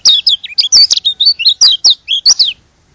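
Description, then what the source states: White-eye song, a brisk sequence of high sweet chirps and slurred whistles for about two and a half seconds. From Lombok.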